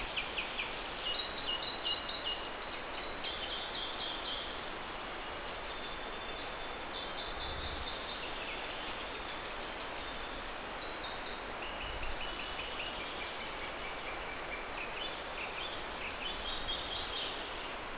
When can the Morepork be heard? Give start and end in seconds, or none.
none